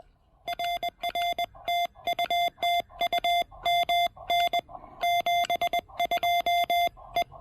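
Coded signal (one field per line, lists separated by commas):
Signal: Morse code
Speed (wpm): 21 wpm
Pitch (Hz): 2100 Hz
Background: none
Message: RR TU TU MN 72 E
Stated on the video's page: QRP park activation using a TEC-TEC R4020 with a cannibalized 40m EFHW antenna, on 20 and 40 meters.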